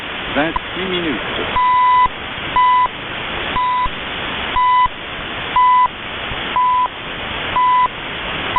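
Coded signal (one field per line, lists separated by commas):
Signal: radio time signal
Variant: CHU Canada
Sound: static, then 1 kHz ticks each second; the first is longer, eight ticks in all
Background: radio static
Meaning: Each tick marks one second; the longer first tick marks a minute start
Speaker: I'm going to play a little recording of Chew Canada and we'll talk about it.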